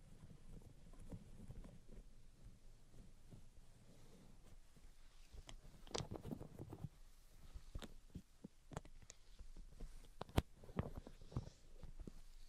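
Soft tapping and scratching with low muffled thumps, sharp clicks around six, nine and ten seconds, and a faint steady hum underneath.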